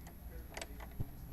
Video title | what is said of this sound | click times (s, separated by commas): BERNINA 500 Maintenance with Jennifer | turn it until it clicks into place | 0.6 s